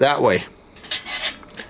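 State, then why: Seated. Someone talks as a folding metal side panel of a FIRE-MAPLE Maverick camping wood stove (3 panels) is pulled up by its finger slot. It snaps into its locked position in the stove body with a sharp metallic click at 0.9 s. Lighter metal rattles follow, and the panel is locked in place.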